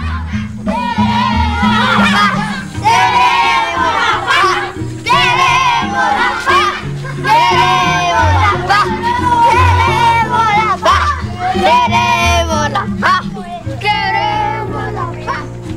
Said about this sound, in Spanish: Por la noche, en las afueras de la casa donde se alojan los garantes y acompañantes, un bullicio que luego se convierte en un coro de agudas vocecitas gritando algo así como ¡queremos la paz!